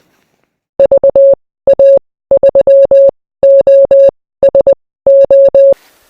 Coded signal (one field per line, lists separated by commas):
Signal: Morse code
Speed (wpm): 20 wpm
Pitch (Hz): 550 Hz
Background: none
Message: VA3OSO